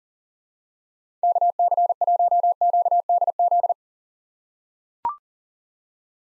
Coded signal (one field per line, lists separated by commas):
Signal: Morse code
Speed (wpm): 40 wpm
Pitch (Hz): 700 Hz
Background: none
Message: KC1QDZ